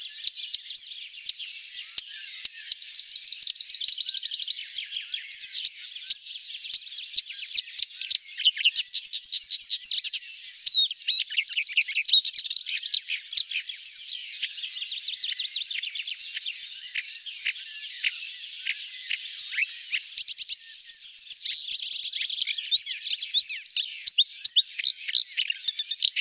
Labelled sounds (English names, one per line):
Marsh Warbler song